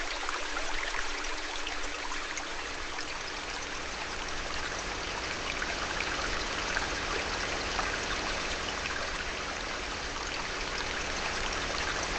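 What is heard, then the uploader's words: Gentle water flows steadily, a dense, even rush with fine trickling detail and soft drips scattered throughout. The sound is bright, holding the same level for the whole stretch, with a faint low rumble underneath that thins slightly after the first couple of seconds. Gentle Water Flow.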